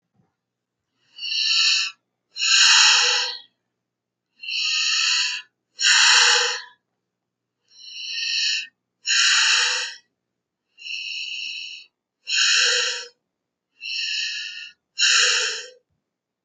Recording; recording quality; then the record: deep breathing; excellent, no background noise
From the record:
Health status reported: healthy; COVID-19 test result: negative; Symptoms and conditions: none ticked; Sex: female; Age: 46 years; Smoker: not ticked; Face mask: not worn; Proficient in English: yes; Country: United States